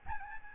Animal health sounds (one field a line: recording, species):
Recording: mosquito wingbeat signal from an infrared sensor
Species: Aedes albopictus